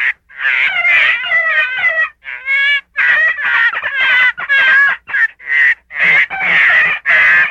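Gray fox whining and yelping, with quavering, tonal cries mixed with rougher squeals, about two per second, with a short break around two seconds.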